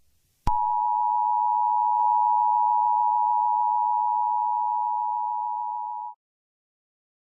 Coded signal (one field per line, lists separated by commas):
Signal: Emergency Alert System (SAME) tones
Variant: 853 and 960 Hz attention tone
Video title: Stay Outside | EAS Scenario #8